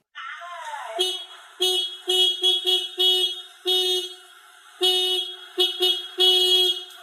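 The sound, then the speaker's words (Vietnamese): A motorbike horn honks repeatedly in short, uneven bursts, a bright buzzy tone with a steady pitch, loud over a low background hum, as a young rider signals gathered neighbours to make way. “Đang cay cú trước cái giọng mỉa mai của hàng xóm, bà Nhung đang định trả đũa thì cái Lan con ông Tú bấm còi xe máy.”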